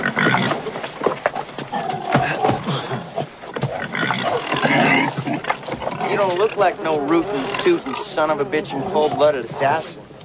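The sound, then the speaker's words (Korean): Pigs grunt and oink in a loud, busy jumble on a pig farm in a village well away from the town of Big Whiskey, kept by an aging man and two young children, with higher wavering squeals becoming more frequent toward the end and human voices mixed in underneath. “이미 인생의 황혼기에 접어든 윌리엄 머니가 어린 두 아이와 함께 돼지를 치며 살고 있습니다.”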